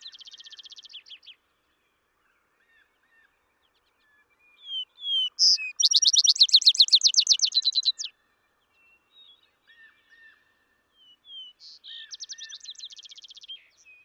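Vesper sparrow songs repeated: the end of a trill, then a full song of slurred whistles and a fast bright trill, later another song, with faint low chips between.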